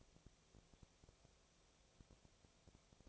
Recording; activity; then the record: daily activity, microphone in the room; no activity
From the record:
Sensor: 1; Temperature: 19.6 degrees Celsius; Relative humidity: 36.4%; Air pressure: 997.0 hPa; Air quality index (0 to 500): 204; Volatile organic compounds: 127 ppm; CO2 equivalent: 3912 ppm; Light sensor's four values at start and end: 1/2/1/1 and 1/2/1/1